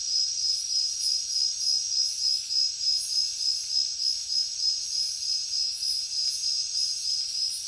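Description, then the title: Thick cricket chorus with quick, regular chirp pulses and a constant high ringing trill beneath scattered higher insect notes. Heavy cricket chorus at night in a jungle. "alex productions ambient music nature. Jungle night heavy crickets"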